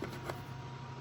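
The top cap goes back onto a plastic crystal display canister with a half twist once the crystals are secured inside. A short click at 0.3 s shows it seating into place over a steady low hum. Someone talks.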